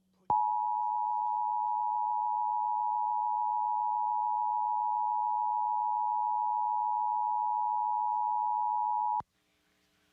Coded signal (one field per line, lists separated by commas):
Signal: Emergency Alert System (SAME) tones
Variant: 853 and 960 Hz attention tone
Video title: Kansas statewide EAS Amber alert test 2/26/2015